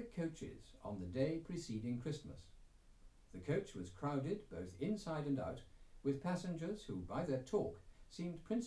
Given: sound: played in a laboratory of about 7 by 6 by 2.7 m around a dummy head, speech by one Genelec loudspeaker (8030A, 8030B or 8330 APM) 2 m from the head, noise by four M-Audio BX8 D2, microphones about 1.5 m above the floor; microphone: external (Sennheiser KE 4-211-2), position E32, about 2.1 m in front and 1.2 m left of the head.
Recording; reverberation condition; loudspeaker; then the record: male speech in English; low; 30 degrees to the right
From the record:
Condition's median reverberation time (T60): about 310 ms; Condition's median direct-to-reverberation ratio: about 3.5 dB